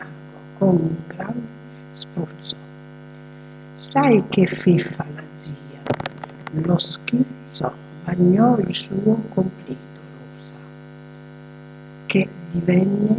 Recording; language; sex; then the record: read passage; Italian; female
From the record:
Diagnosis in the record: healthy control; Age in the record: 62 years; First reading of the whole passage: 101 s, 4.7 characters per second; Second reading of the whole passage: 77 s, 5.9 characters per second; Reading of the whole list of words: 66 s, 3.9 characters per second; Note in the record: marked for poor recording quality or reading difficulty